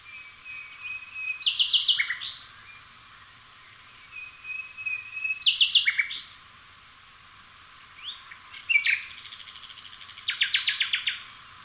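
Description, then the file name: Common nightingale song in three phrases, the first two each a thin drawn-out whistle leading into a fast burst of harsh repeated notes, the last a longer rapid series. "Luscinia megarhynchos"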